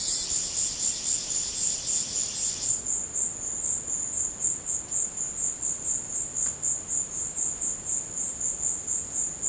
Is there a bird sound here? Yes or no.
no